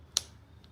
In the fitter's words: And just push it until it clicks.